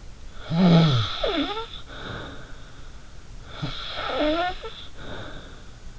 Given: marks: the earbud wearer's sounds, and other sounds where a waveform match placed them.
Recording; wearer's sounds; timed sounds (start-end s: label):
sounds in sleep by an in-ear microphone; snoring breath
0.33-2.80 s: snoring breath
3.47-5.74 s: snoring breath